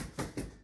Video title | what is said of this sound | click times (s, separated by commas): Uppababy Minu V2: Unboxing and Assembly | until it pops into place | 0.4 s